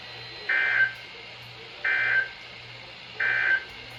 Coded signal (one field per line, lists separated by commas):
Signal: Emergency Alert System (SAME) tones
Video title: August's Early Arrival Alerts - Alerts from 8/2/24 - 8/4/24 (EAS #1175 - 1204)